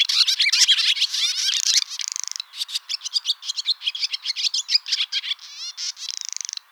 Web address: hirundo rustica call